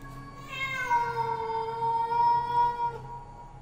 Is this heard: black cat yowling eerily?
yes